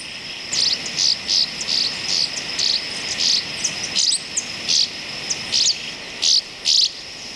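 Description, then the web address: Southern rough-winged swallow calls: short, buzzy, high notes repeated at uneven intervals over a steady high-pitched hiss. Recorded in Ecuador, South America. "Birds of Ecuador. Southern Rough-Winged Swallow"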